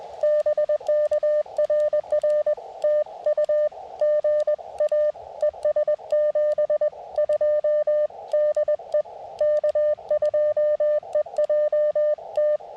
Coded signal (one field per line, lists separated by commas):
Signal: Morse code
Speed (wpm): 20 wpm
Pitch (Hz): 600 Hz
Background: none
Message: BK RR TU GA ES 72 DE K2EJT